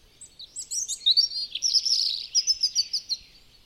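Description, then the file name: European robin song: a high, thin warbling phrase of quick twittering and sliding notes against a quiet background. "Erithacus rubecula"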